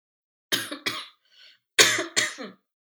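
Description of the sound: Four harsh, forceful cough bursts come in two close pairs, separated by a brief faint inhalation. They are rough and throaty, close to throat clearing. An adult woman coughing with a COVID-19 infection. The cough is severe and is brought on by talking continuously.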